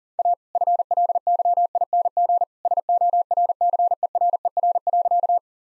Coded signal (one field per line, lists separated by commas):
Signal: Morse code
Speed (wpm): 40 wpm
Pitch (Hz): 700 Hz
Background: none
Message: A FLYING SORCERER.